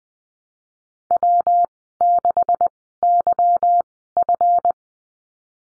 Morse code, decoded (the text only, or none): W6YF